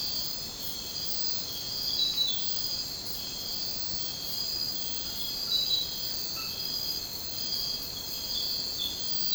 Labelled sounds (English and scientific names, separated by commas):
none